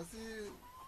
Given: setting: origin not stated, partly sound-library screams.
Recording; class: one-second piece from a danger detection set; normal situation